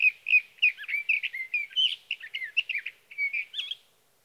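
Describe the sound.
Sage thrasher song, a hurried series of warbled and slurred high notes running on without break, then fading out.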